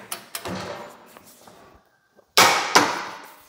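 A torque wrench set to 400 Nm is used to check the second bolt. A few lighter metallic taps and rattles come first, then a sharp, loud click at 2.4 s, followed by another strong click at 2.8 s. The wrench reaches 400 Nm on the second bolt, confirming the torque.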